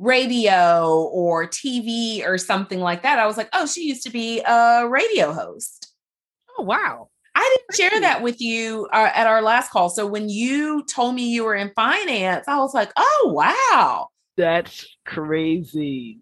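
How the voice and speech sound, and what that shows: Adult woman, a neuroscientist and clinical speech-language pathologist, speaking. Normal speech.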